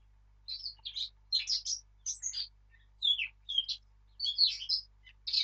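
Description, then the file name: Warbling blackcap song in bursts of scratchy and clear notes, several short phrases separated by brief gaps, varied and lively throughout. "Sylvia atricapilla"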